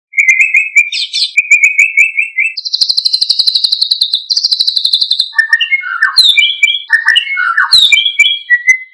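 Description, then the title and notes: Bird song: clear whistled phrases and buzzy notes, a fast rattling trill in the middle, then varied sharp chirps and whistles in quick succession. Bird songs from Indonesia. "Kicau Burung Indonesia"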